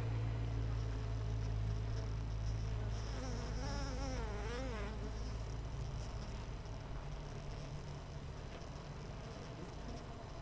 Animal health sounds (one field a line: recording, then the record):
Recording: honeybee colony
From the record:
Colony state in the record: missing queen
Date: 14 July 2017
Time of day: 7:45